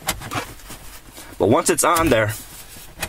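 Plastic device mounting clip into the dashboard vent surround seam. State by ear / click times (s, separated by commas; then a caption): not seated / none. A ProClip USA center mount (part 213488) for a 2012–2019 Ford Explorer Police Interceptor is being handled, with its plastic mounting clip's angled edge pushed into the seam between the dash glass panel and the vent surround frame so it will hook behind the frame. Someone talks while brief sharp knocks are heard near 0.1 s and 3.0 s. Nothing has seated or clicked yet.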